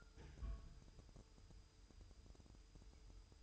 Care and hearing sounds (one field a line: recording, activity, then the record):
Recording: daily activity, microphone in the room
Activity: place on stove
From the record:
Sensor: 2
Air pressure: 988.2 hPa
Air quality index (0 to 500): 190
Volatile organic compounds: 180 ppm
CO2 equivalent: 4144 ppm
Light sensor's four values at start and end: 21/71/28/27 and 21/71/28/27